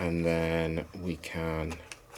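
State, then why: Not seated. Someone talks while handling the plastic battery tray of a Nikon D780 vertical battery grip, getting ready to push it in so it locks in place. Only the voice and faint handling sounds are heard. Nothing has seated or clicked yet.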